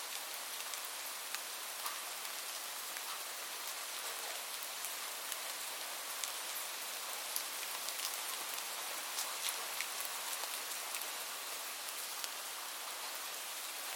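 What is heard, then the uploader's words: Light rain falls steadily in a forest, a dense, even hiss weighted toward the bright end with almost no low rumble. Scattered individual drops tick and patter on surfaces every second or so, standing out briefly above the constant wash. Light Rain Noises. Gentle Forest Rain.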